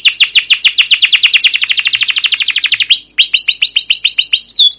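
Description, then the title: Canary singing a fast rattling trill of descending chirps, then a rising whistle and a run of looping, swooping notes. Canary song with long rolling trills (cuit cuit ngerol), described as gacor, used as a lure (pancingan) master recording to train other canaries to sing. "CUIT CUIT NGEROL LANGSUNG GACOR PANJANG Kenari Ini Utk Pancingan KENAR. Masteran Suara Burung Kenari Gacor Panjang cuit cuit Ngerol untuk Pancingan Kenari!"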